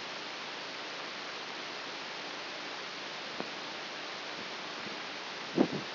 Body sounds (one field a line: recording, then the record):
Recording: brain microelectrode recording played as sound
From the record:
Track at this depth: outside the subthalamic nucleus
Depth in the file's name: 4.898 mm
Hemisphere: left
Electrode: 3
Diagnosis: Parkinson's disease